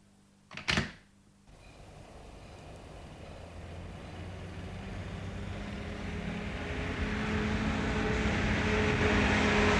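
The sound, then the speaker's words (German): After a sharp knock-like thud, a car's engine rumble grows steadily louder as the vehicle drives up and arrives, a low hum with rising road noise and no voices. “Ich habe den Wagen gebracht.”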